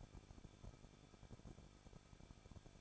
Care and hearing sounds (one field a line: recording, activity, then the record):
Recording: daily activity, microphone in the room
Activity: no activity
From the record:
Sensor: 5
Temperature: 20.9 degrees Celsius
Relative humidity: 38.2%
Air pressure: 1006.4 hPa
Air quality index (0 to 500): 187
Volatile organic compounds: 18 ppm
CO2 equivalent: 2624 ppm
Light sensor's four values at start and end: 2/3/1/1 and 2/3/1/1